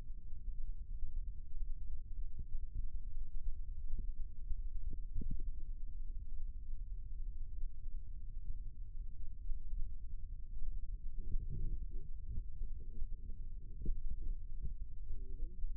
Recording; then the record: forearm muscle sounds (acoustic myography)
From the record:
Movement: rest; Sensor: system 2, bracelet of six BSWA MPA416 microphones around the upper forearm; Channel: 4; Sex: male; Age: 22 years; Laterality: right